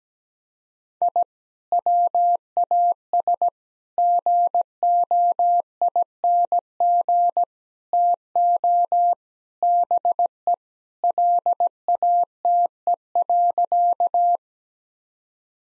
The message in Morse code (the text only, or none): I WAS GOING TO BE LATE.